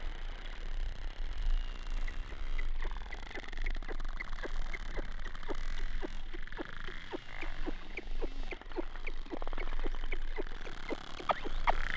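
Bottlenose dolphin clicks, sharp ticks in irregular series over a steady low underwater rumble.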